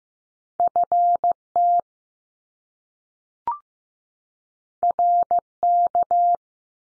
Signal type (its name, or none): Morse code